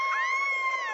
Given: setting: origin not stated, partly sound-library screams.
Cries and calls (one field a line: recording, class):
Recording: one-second piece from a danger detection set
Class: woman in danger